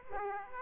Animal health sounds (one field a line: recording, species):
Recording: mosquito wingbeat signal from an infrared sensor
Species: Aedes aegypti